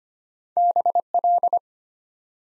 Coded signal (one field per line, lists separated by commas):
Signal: Morse code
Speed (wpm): 25 wpm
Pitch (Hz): 700 Hz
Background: none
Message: BL